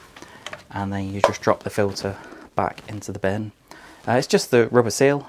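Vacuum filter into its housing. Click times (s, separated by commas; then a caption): 0.5 s. A non-washable plastic vacuum cleaner filter assembly is popped back into its housing and twisted until it locks, with sharp clicks at 0.5 s and 0.5 s showing it is seated. Someone then talks for the rest of the clip.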